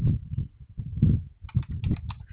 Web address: Koala CS HMCrecordings 4 27 2021 by ztoney 10 12 18 PM